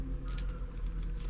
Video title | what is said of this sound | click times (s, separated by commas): Installing Head Unit & Speakers In 97-05 Lexus GS (DETAILED) | that's it it's locked in all right and once you have your | 0.4 s